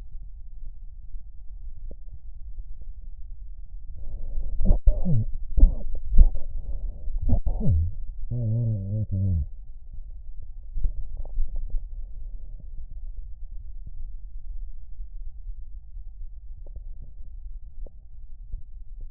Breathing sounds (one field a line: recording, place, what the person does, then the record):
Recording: lung sounds by stethoscope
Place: right anterior apical chest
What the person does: quiet breathing, then cough and speech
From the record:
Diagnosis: interstitial lung disease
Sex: male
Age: 61 years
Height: 172 cm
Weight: 71 kg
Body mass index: 24.0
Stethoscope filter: extended mode